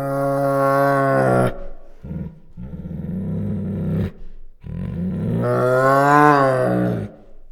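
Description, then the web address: Bengal tiger letting out loud, drawn-out whining moans that bend up and down in pitch, broken by a shorter low growl in the middle. Female. "Sound Ideas Tigers Sound Effects. Female Bengal Tiger Growls, Snorts and Whines"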